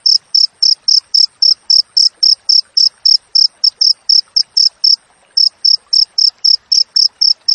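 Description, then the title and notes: Cricket chirping in quick high pulses, about three to four per second, with one brief gap midway before the rhythm resumes. Clear wild cricket chirping with tightly spaced pauses, used for training songbirds and for repelling rats. "Masteran Jangkrik Alam Jernih, Jeda Rapat Cocok Untuk Masteran Burung Dan Mengusir Tikus. suara jangkrik"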